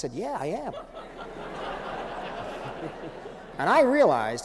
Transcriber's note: soundbite of laughter